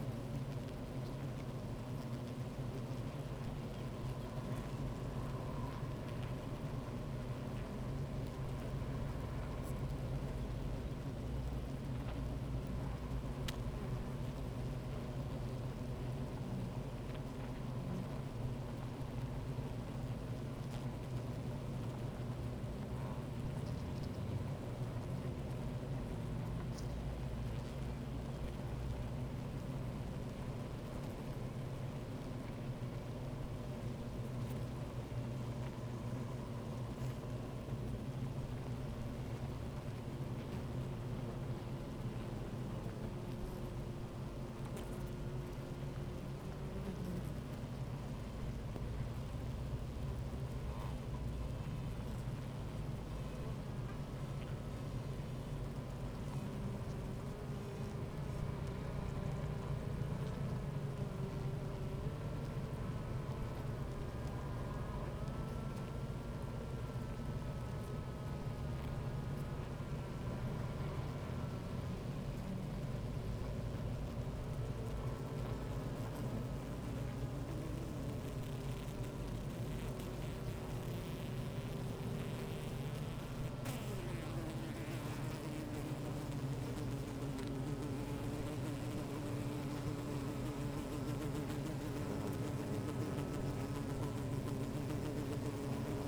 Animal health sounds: honeybee colony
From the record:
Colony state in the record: active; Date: 28 July 2017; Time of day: 15:37

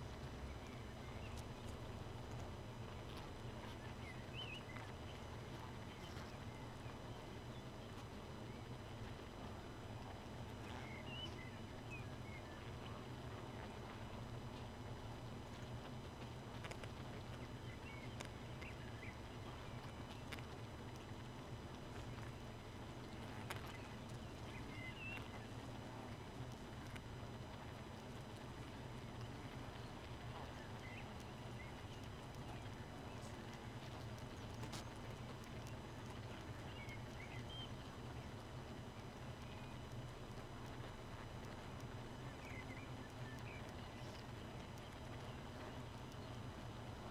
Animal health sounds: honeybee colony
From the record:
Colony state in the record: missing queen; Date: 31 May 2018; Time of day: 2:52

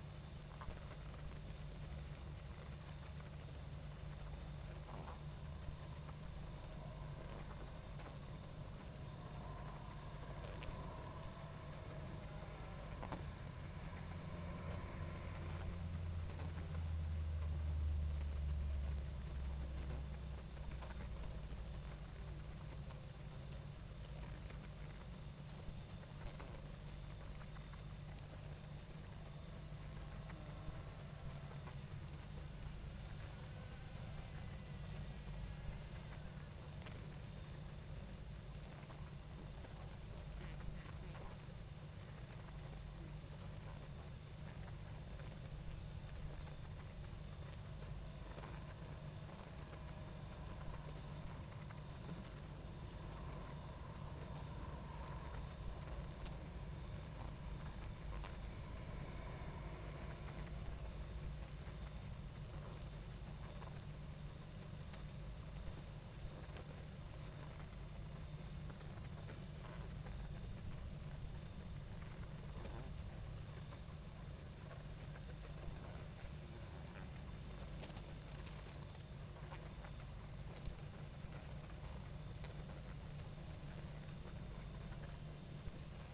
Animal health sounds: honeybee colony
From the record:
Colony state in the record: active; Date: 28 July 2017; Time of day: 20:15

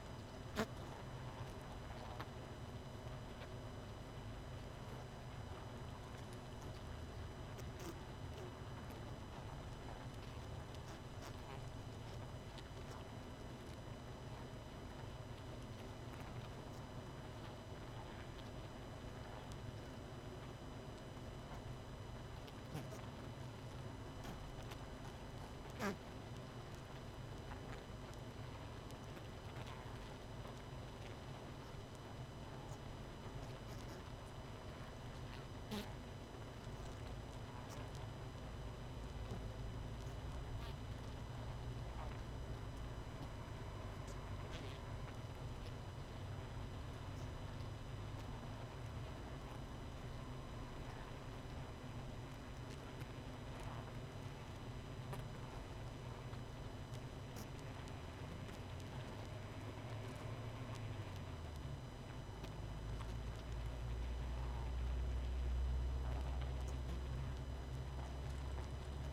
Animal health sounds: honeybee colony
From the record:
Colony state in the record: missing queen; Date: 31 May 2018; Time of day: 21:05

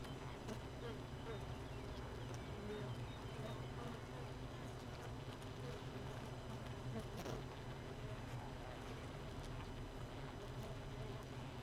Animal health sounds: honeybee colony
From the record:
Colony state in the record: missing queen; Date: 31 May 2018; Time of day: 4:00

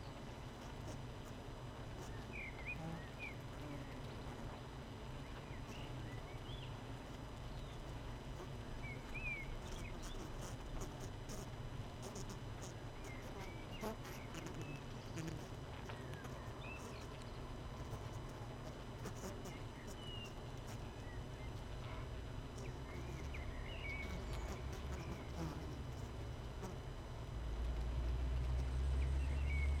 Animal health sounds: honeybee colony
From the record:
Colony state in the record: missing queen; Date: 31 May 2018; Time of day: 19:02

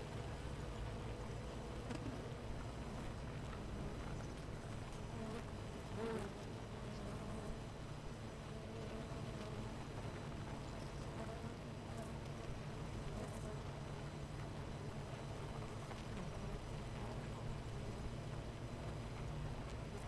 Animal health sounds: honeybee colony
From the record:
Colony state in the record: missing queen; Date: 14 July 2017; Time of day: 8:15

